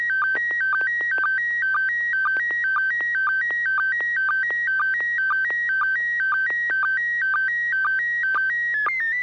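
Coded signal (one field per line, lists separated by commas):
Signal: SSTV (slow-scan television)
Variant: PD120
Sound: warbling two-level tone with short low chirps about twice a second, steady throughout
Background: low hum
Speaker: roger here goes uh first off let's make sure i got [Applause] vd-120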